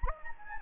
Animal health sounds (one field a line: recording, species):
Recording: mosquito wingbeat signal from an infrared sensor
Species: Anopheles gambiae